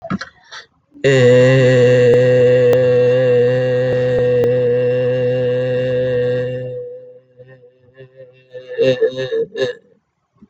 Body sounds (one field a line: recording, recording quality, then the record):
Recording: sustained vowel as in made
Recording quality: excellent, no background noise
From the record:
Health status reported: respiratory illness, not identified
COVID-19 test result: not tested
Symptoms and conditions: cough, sore throat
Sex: male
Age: 19 years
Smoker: not ticked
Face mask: not worn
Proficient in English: yes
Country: India